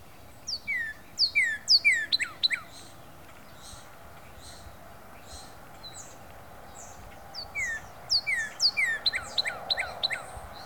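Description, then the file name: Northern cardinal song, a run of ringing slurred whistles, a quieter pause with faint notes, then the phrase again. Recorded in late February 2012. "Cardinal Singing Late February 2012"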